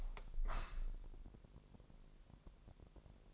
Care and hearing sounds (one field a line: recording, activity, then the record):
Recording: daily activity, microphone in the room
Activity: open window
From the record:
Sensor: 5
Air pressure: 1000.6 hPa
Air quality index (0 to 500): 249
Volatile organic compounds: 35 ppm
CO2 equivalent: 3065 ppm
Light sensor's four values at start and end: 33/77/31/29 and 33/78/31/29